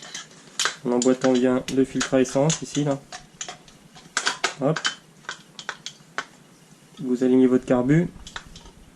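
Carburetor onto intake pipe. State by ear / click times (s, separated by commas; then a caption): not seated / none. A Solex carburetor is lined up and pushed onto its 10/12 mm intake pipe, a metal-on-rubber push fit, while someone talks. Short, sharp handling knocks and taps are heard between the speech. Nothing has seated or clicked yet.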